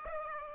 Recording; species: mosquito wingbeat signal from an infrared sensor; Aedes aegypti